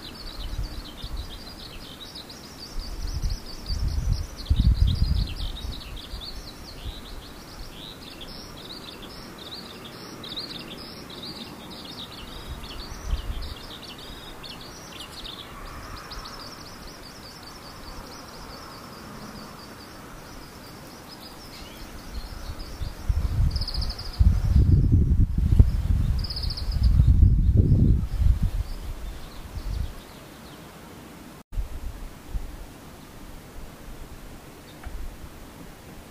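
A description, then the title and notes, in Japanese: Swallows twitter in quick, bright chirping runs through the first half, busiest in the opening fifteen seconds, then fade to scattered calls. A low rumble of wind or passing traffic swells around five seconds and again, louder, between twenty-four and twenty-nine seconds. ツバメ。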